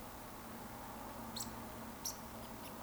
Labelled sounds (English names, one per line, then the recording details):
Eurasian Woodcock
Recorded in Baden-Württemberg, Germany, on 16 June 2020 at 20:34 UTC
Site 14569, 102 m above sea level